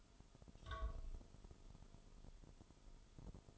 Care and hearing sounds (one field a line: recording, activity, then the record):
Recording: daily activity, microphone in the room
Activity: take from stove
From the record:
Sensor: 5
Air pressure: 988.4 hPa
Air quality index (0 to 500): 205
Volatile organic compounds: 85 ppm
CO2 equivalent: 3650 ppm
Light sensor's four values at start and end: 48/141/56/60 and 47/140/55/60